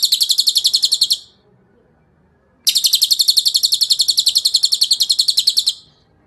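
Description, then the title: Bird song: a fast, buzzy trill of evenly spaced high notes, a short burst, a pause, then a longer run of about three seconds. Masteran recording, a tutor track played to teach songbirds. "Suara masteran Burung"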